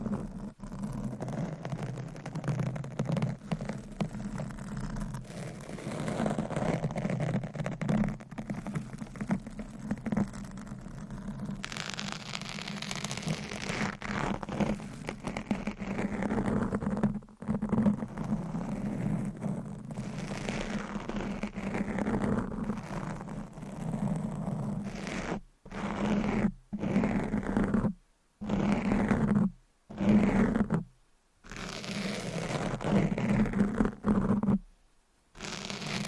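Scratching and tapping, a dense, rough rasping that runs almost without pause over a steady low hum, peppered with quick clicks. From about 25 seconds the sound starts cutting out abruptly, leaving short silent gaps between bursts of scraping.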